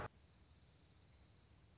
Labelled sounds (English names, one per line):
Dark-eyed Junco